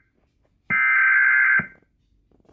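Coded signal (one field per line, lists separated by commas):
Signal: Emergency Alert System (SAME) tones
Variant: header bursts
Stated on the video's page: Mock alert, simulated rather than a real broadcast.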